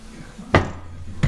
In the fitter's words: we go you heard that one click in so now it's free and